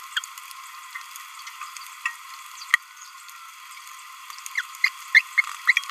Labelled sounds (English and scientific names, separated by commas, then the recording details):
Green-rumped Parrotlet (Forpus passerinus) babbling
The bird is a male
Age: 27 days
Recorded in a nest box in Venezuela
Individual 17B31A2